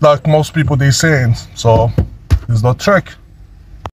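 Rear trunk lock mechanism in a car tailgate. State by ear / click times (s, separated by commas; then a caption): seated / 3.9 s. Someone talks as the jammed rear trunk lock mechanism in the tailgate of a 2010–2013 KIA Soul, having been pushed back to its normal position, gives a single sharp click at 3.9 s. The lock mechanism clicks back into place and engages, so the fix took only one click.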